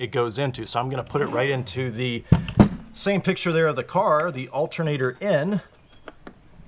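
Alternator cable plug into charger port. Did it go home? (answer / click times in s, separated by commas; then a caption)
yes / 6.1 s, 6.3 s. Someone talks while pushing the alternator input cable plug into its matching port on the EcoFlow 800W alternator charger unit, followed by two short clicks at 6.1 s and 6.3 s. The plug is seated and the cable cannot be pulled out.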